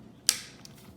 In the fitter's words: it locks in place this you